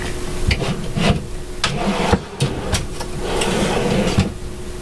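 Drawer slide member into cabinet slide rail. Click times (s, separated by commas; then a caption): 0.5 s, 1.6 s. A kitchen drawer on ball-bearing slides is fed into the cabinet rails at the open end and shoved home in a cargo trailer conversion, with rasping, rubbing slide noise throughout. The drawer slide member locks into the cabinet slide rail with sharp clicks at 0.5 s and 1.6 s, and the seated drawer then slides smoothly.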